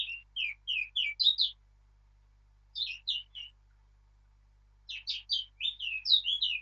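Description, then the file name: Eurasian blackcap singing short phrases of clear fluting notes, three quick bursts separated by silent gaps, background otherwise still. "Sylvia atricapilla"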